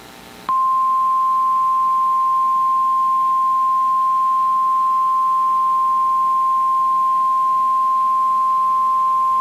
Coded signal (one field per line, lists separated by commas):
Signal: Emergency Alert System (SAME) tones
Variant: 1050 Hz attention tone